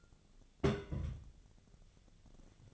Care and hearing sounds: daily activity, microphone in the room; place on stove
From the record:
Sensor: 4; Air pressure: 1000.8 hPa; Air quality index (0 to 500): 127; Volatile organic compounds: 1 ppm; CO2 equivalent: 956 ppm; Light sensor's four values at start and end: 40/99/41/45 and 40/98/41/45

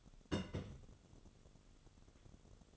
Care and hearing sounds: daily activity, microphone in the room; place on stove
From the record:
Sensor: 4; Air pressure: 1008.9 hPa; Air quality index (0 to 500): 126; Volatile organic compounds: 1 ppm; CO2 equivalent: 924 ppm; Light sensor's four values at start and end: 11/25/10/9 and 11/25/10/9

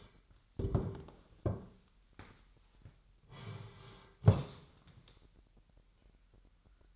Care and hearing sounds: daily activity, microphone in the room; sit down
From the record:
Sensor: 3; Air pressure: 998.5 hPa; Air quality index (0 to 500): 130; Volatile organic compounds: 4 ppm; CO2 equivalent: 1546 ppm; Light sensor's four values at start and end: 12/26/11/13 and 9/21/9/10

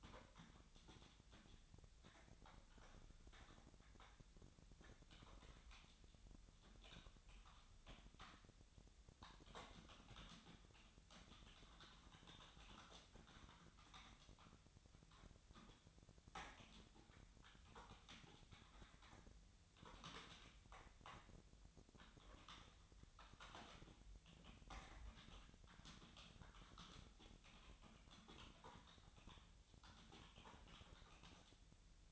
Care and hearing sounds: daily activity, microphone in the room; typing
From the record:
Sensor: 3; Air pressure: 1009.4 hPa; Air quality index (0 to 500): 196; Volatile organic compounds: 16 ppm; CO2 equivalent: 2552 ppm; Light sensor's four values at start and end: 36/89/38/41 and 35/88/37/40

